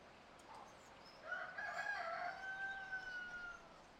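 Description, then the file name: Rooster crowing once, a harmonic, drawn-out crow lasting about two seconds, over steady background hiss. On a farm near a barn in the countryside, during the day; rooster close. "freesound country day farm near barn birds insects rooster"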